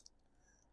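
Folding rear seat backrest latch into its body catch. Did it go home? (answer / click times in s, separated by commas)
partly / 0.1 s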